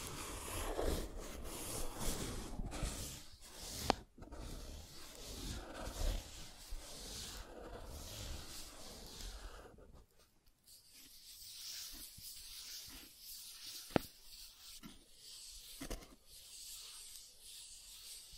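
Soft tracing across surfaces, a continuous rubbing and brushing that swells and fades in slow strokes. The first ten seconds are fuller and rougher; after that the strokes turn thinner and more scratchy, with two sharp clicks near 4 and 14 seconds.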